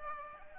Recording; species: mosquito wingbeat signal from an infrared sensor; Culex pipiens